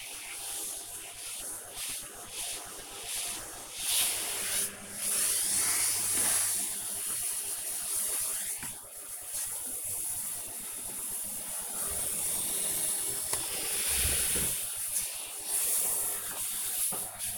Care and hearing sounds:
household activities, microphone on the right wrist
0.00-17.38 s: vacuum cleaning

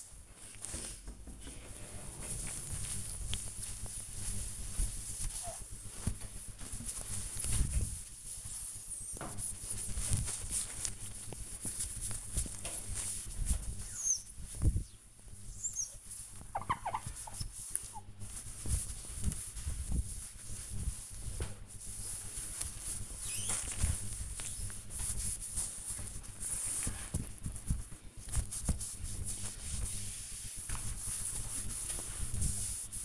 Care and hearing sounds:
household activities, microphone on the right wrist
0.00-33.05 s: window cleaning

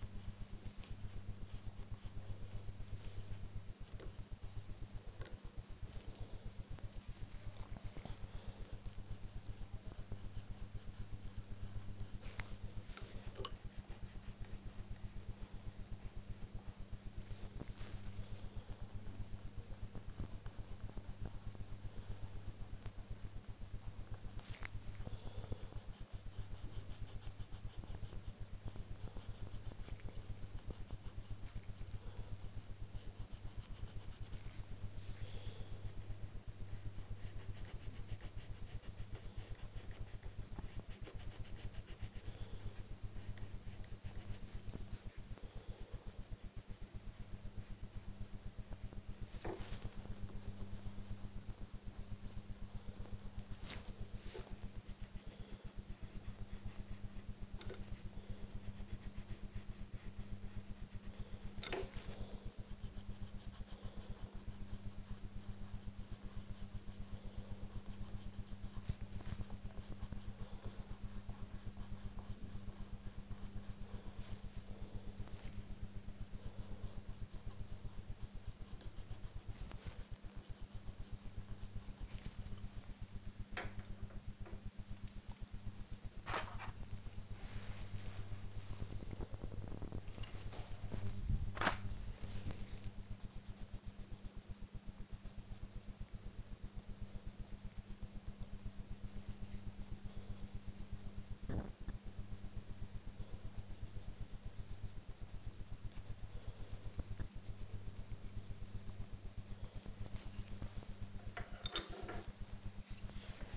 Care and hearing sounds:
household activities, microphone on the right wrist
0.00-113.57 s: drawing

